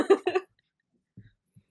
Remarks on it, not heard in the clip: I am slightly diseased still, so you'll hear me coughing at random points in the podcast.